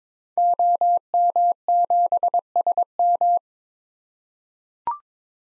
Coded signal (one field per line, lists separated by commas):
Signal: Morse code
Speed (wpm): 22 wpm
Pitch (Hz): 700 Hz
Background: none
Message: OM7SM